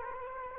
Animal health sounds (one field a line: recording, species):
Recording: mosquito wingbeat signal from an infrared sensor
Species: Culex quinquefasciatus